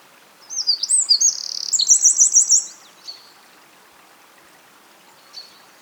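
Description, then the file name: Eurasian wren song: high, loud burst of sweeping whistles, a fast rattling trill, then a row of sharp, repeated notes, lasting about two and a half seconds, followed by two brief chips. "Troglodytes troglodytes"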